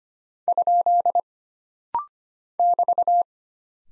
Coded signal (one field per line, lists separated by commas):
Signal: Morse code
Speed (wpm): 25 wpm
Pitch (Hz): 700 Hz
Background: none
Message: ? <BT>